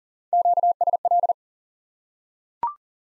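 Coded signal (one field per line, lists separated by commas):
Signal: Morse code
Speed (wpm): 40 wpm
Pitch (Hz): 700 Hz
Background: none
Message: QSL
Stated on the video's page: High-speed (QRQ) Morse drill of single common QSO elements for instant word recognition.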